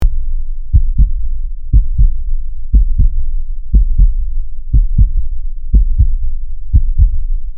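Low, regular paired thumps about once a second, a steady rate near 60 beats per minute. The two sounds of each heartbeat are clearly separated, with a soft low hum between beats.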